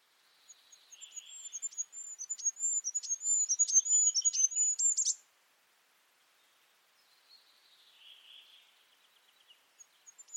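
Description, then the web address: Bird calls, a fast series of high sharp chirps and thin whistles for five seconds, then quiet with a soft, lower rasping phrase and faint high notes later. "birddata Deverinetal 2025"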